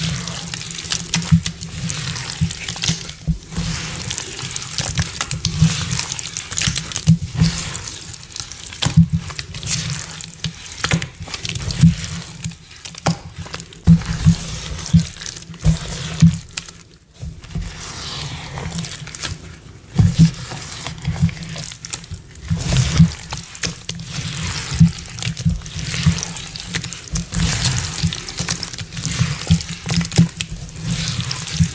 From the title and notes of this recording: Restock Prep, Paste Mixing, Filling Molds w/ Electric Purple Confetti Mix.